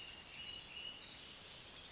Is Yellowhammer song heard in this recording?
no